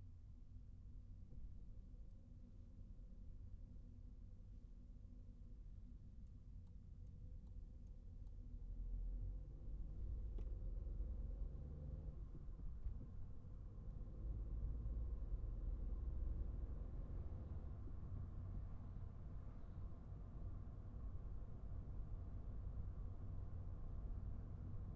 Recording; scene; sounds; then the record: everyday scene through a hearing-aid microphone; in a vehicle; engine, traffic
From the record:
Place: Skoda Fabia, gasoline engine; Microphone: behind the ear, right, rear